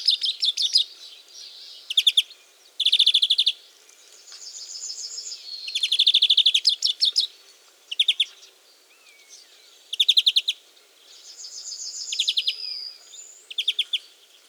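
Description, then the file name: European greenfinch giving rolling trills and short rattles in bursts, mixed with a few drawn-out whistled tones and thin chirps. "Chloris chloris"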